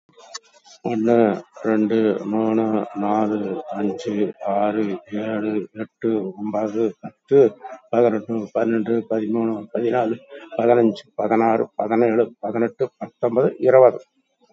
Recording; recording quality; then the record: counting at a normal pace; excellent, no background noise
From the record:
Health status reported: COVID-19 positive, mild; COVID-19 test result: positive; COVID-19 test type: RT-PCR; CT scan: taken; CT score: 11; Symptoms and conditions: cough, cold, muscle pain, loss of smell and taste, diabetes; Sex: male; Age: 76 years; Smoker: no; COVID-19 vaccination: none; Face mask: worn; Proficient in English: yes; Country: India